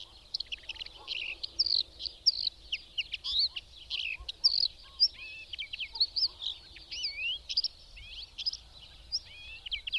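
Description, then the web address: Bird song, dense high chirping with many quick notes and looping whistled phrases, steady low noise beneath. "madarak enek"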